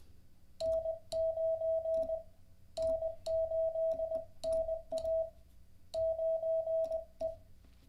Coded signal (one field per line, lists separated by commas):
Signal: Morse code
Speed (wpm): 20 wpm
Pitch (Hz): 660 Hz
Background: none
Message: N9 N8NA 9E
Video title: How to Learn Morse Code LIVE with N0SSC (Day 28)